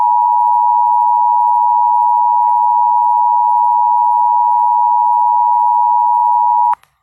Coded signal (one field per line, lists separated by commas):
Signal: Emergency Alert System (SAME) tones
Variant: 853 and 960 Hz attention tone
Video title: 4 Pennsylvania EAS Required Monthly Tests (11/15/18) (EAS #6-9)